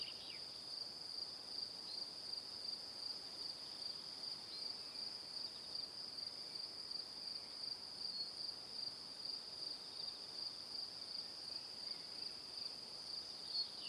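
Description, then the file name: Crickets give steady high-pitched chirping throughout, over quiet background hiss. Evening. "Calm - Evening Crickets"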